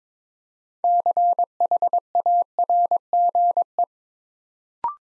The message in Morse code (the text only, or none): CHARGE